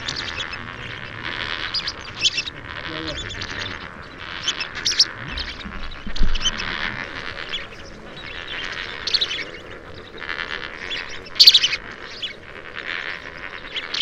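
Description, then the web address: Lesser flamingo flock giving a dense, continuous chatter of nasal honking and gabbling calls, with a few louder bursts. "cantos flamencoenano"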